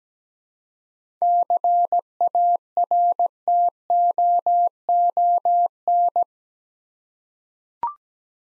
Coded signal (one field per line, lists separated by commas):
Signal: Morse code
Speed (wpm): 17 wpm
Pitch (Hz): 700 Hz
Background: none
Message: CARTOON